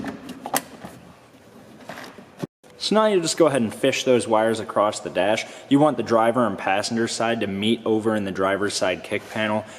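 A rubber door wiring boot (grommet) is pushed back into its hole in the door jamb between the door and cab of a 1999–2002 Silverado or Sierra truck during a tow mirror install. After some light handling noise, it snaps into place with sharp, short hits at 0.5 s and 0.6 s, seating the boot. Then someone talks.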